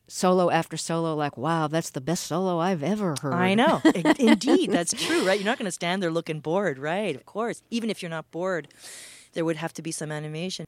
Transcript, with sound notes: after solo, like wow, that's the best solo I've ever heard.
I know.
(LAUGHTER)
Indeed, that's true, right? You're not going to stand there looking bored, right? Of course. Even if you're not bored, there would have to be some animation.